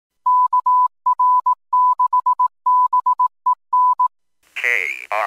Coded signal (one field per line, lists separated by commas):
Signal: Morse code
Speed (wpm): 18 wpm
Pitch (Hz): 1000 Hz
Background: none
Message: KR6BEN